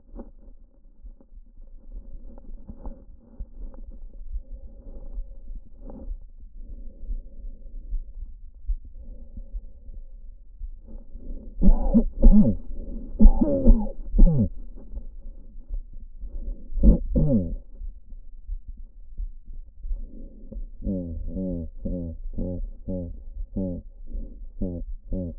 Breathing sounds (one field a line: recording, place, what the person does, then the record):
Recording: lung sounds by stethoscope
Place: trachea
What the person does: quiet breathing, then cough and speech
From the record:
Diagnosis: none (healthy)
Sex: male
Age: 34 years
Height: 174 cm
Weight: 93 kg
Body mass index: 30.7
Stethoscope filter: diaphragm mode